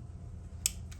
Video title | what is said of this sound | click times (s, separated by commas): Zeroing in Your Scope | Close the cam lock. And we're good. | 0.7 s